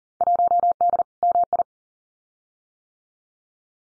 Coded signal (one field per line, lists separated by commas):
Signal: Morse code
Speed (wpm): 41 wpm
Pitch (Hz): 700 Hz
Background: none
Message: 1D MI